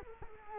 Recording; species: mosquito wingbeat signal from an infrared sensor; Culex quinquefasciatus